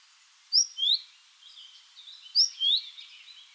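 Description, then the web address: Great tit giving two bright whistled phrases, each a sharp high note sliding into a lower one. "SETE data Parus major"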